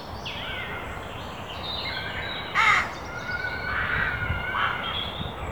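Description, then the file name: Carrion crow giving a single loud, grating caw midway, followed by a couple of softer hoarse calls, over a busy background of whistling songbirds. "Corvus corone"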